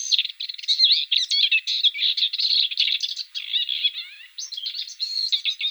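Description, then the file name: Blyth's reed warbler song, a fast, continuous chatter of varied high whistles, buzzy notes and trills, barely pausing across the whole stretch. "Kamyshovka indijskaja"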